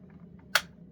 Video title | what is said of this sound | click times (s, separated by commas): Refurbished Dyson Ball Animal 2 Origin (UP19) Unboxing/Assembly | hear that click | 0.5 s